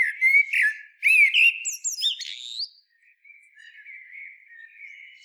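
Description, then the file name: Common blackbird song: a short fluty warble, then a squeaky high twittering flourish, followed by faint softer chatter. "Turdus merula"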